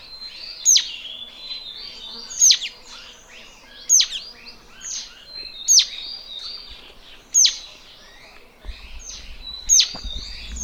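Mountain bulbul giving loud, piercing downward-slurred notes roughly every two seconds, with fainter continuous chattering and chirping underneath.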